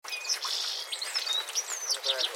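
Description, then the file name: European goldfinch twittering calls: quick high tinkling notes and short whistled slurs tumbling together over a steady hiss of background noise. "Carduelis carduelis"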